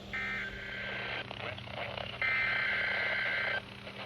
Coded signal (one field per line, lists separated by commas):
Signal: Emergency Alert System (SAME) tones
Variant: end-of-message bursts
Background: speech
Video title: On the Water… || EAS Alerts from 7/6/22 || EAS 778-789